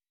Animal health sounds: hydrophone in a shrimp aquaculture tank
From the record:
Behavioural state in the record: weakened

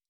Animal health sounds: hydrophone in a shrimp aquaculture tank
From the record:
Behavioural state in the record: stressed

